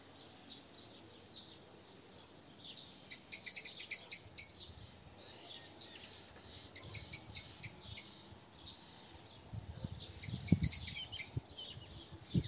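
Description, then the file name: Eurasian blackbird calling with bursts of sharp, high ticking notes in rapid series, separated by short pauses, over low rustling and soft thuds. "Turdus merula"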